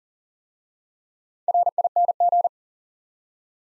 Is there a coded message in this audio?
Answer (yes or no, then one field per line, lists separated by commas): yes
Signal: Morse code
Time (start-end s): 1.5-2.5 s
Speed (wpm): 38 wpm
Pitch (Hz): 700 Hz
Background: none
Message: RING